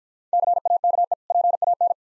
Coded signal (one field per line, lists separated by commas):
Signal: Morse code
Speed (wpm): 52 wpm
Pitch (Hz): 700 Hz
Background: none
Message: CAKE PAN